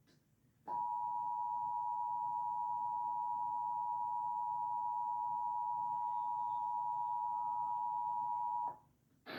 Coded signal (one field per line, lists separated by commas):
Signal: Emergency Alert System (SAME) tones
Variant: 853 and 960 Hz attention tone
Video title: National EAS Test on TV! (8/11/2021)